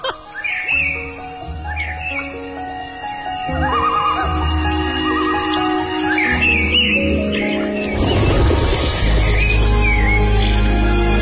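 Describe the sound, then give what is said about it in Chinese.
Chirpy, whistled bird calls trill above a lilting instrumental tune with sustained tones. The music swells fuller and louder toward the end, and no one speaks. “先听一会儿鸟叫怎么样？”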